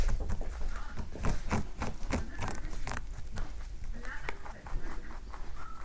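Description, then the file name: Rabbit chewing, a steady run of quick dry crunching clicks and taps with a low background rumble. A single rabbit eating. "un conejo comiendo"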